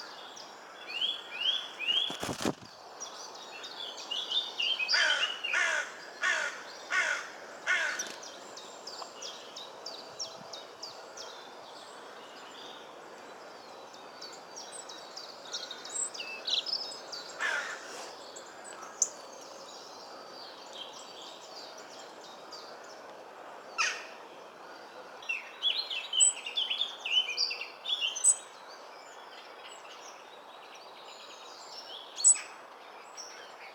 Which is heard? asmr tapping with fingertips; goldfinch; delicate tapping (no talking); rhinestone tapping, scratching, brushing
goldfinch